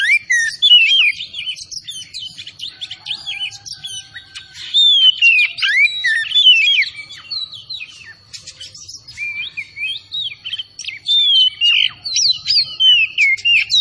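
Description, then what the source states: Oriental magpie-robin song of quick, tumbling whistled notes and twitters, loud bursts alternating with softer passages throughout. Kacer Tretes bird, singing vigorously (gacor).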